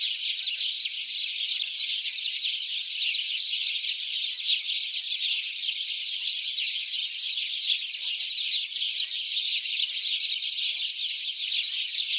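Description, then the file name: House sparrow calls: a dense, unbroken chorus of overlapping high chirps from many birds, steady in loudness for the whole stretch. "Passer domesticus"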